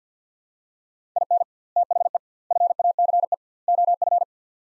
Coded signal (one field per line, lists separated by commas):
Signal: Morse code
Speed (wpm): 50 wpm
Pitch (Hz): 700 Hz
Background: none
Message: IN THE FACE OF